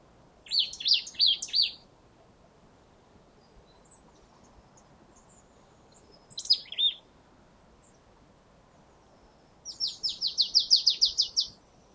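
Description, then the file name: Marsh tit calls in three bursts of quick, repeated high notes, the last a longer run of many down-slurred chips; quiet background otherwise. "Poecile palustris"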